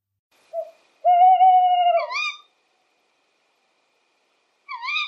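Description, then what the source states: Tawny owl calling: a short low note, then a long steady hoot that ends in a quavering, harmonic-rich wobble, with one more rough wavering call a few seconds later. Played back; recorded in Bortziriak, Navarra, Spain; male's call is the typical horror-film hoot, female's call is much shriller.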